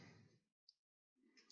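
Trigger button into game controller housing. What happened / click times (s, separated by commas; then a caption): The plastic button is handled but not yet seated / none. An R2 trigger button is being handled at a game controller's plastic housing, with a few faint, sharp ticks over low broadband noise and a quiet gap in the middle. Nothing has seated or clicked into place yet.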